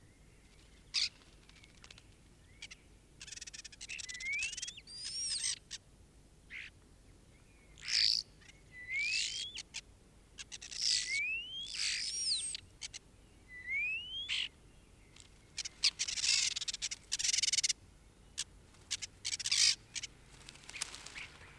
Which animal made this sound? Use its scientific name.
Sturnus vulgaris